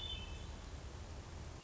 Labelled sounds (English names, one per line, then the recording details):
Hermit Thrush
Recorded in Sonoma County, California